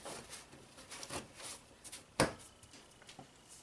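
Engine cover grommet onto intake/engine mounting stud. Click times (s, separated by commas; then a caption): 2.2 s. On a 2015 Chevy Camaro 3.6L V6, the plastic engine cover is reinstalled, with its rear clips going under first before the cover is pressed down onto a rubber grommet at its intake/engine mounting stud. Soft rustling and handling noises run through the clip, with a small tap near 1.0 s. The grommet snaps onto the stud with a sharp, loud snap at 2.2 s, and the cover is seated.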